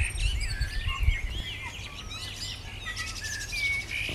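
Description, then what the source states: Birds chirp and whistle together in a lively chorus of curving, warbling notes, over a low rumble. Morning.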